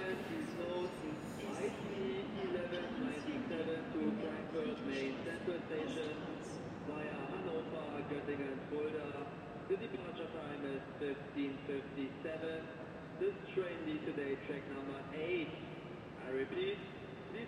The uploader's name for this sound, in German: Berlin Hauptbahnhof